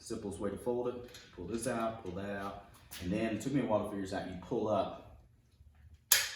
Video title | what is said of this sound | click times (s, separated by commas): Ancheer Foldable Lithium Electric Bicycle Follow-Up Review. 499$ 250 Watt Ebike. Worth It? | You pull up like that, and you hear a click. | 6.1 s